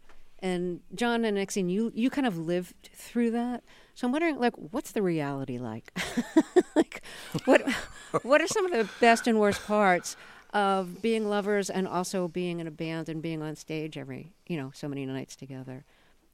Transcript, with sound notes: And John and Exene, you kind of lived through that. So I'm wondering, like, what's the reality like? (Laughter) Like, what are some of the best and worst parts of being lovers and also being in a band and being on stage every - you know, so many nights together?